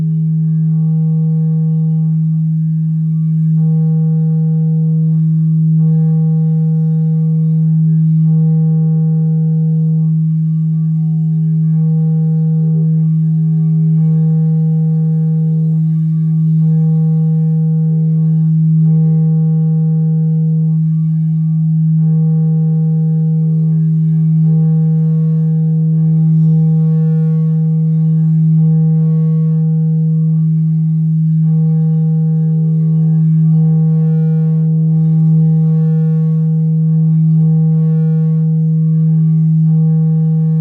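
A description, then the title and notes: A crystal singing bowl sustains one deep, steady tone for the whole stretch, strong and even in loudness. Above it, fainter overtones pulse in a slow, regular wavering roughly every second or two, with light shimmering detail creeping in higher up later on. Crystal singing bowl.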